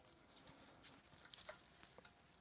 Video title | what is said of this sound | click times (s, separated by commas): Project Troopy Episode 2 – Tear-Down After Brake Failure | I just heard it click again. | 1.3 s